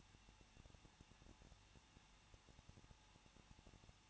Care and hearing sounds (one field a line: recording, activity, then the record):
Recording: daily activity, microphone in the room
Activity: no activity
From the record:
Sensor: 1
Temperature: 20.1 degrees Celsius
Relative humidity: 39.2%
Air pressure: 1006.3 hPa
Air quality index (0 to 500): 217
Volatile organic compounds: 77 ppm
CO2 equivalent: 3579 ppm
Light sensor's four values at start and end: 1/2/1/1 and 1/2/1/1